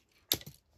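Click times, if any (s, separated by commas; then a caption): 0.3 s. Pressing a button on the plastic base of a Takara Transformers Generation One Japanese-exclusive Metrotitan sets off the spring launch mechanism with a sharp snap at 0.3 s. The micromaster figure is sent down the launch ramp, followed by two quieter clicks around 0.4 s and 0.5 s. The launch mechanism has released.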